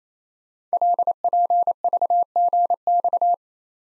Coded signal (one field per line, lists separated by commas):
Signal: Morse code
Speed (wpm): 28 wpm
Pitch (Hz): 700 Hz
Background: none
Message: LPVGX